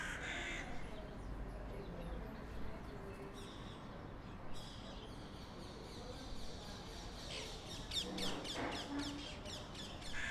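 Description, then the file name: Crow giving harsh, raspy caws at the start and again in a short burst near the end, over a steady low rumble of traffic. Crows in a street with passing cars, quiet atmosphere. "street crows birds cars quiet"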